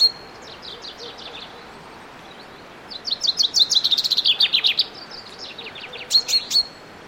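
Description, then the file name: Common chaffinch singing fast runs of high chipping notes: a short run early, then a longer, denser trill, then further short bursts. "Fringilla coelebs"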